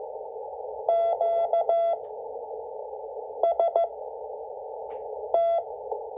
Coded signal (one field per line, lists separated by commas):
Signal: Morse code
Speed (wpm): 14 wpm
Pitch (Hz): 670 Hz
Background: none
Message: QST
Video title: 5 WPM MORSE CODE PRACTICE - W1AW